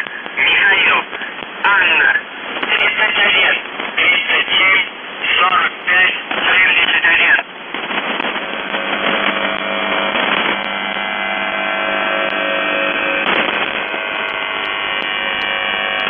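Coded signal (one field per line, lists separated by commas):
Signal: numbers station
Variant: UVB-76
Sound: a male voice reading words over shortwave radio, then steady droning hum and static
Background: radio static, hum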